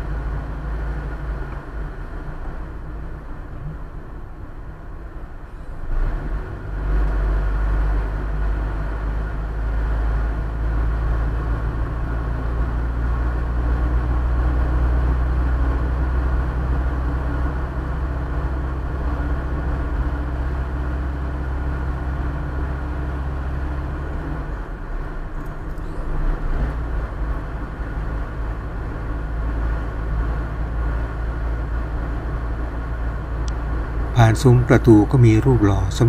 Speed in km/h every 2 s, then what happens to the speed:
45, 45, 41, 42, 43, 45, 48, 50, 52, 53, 53, 53, 52, 51, 53, 54, 56, 56.
0-6 steady at about 42. 6-18 speeds up to 53. 18-36 steady at about 53.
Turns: none.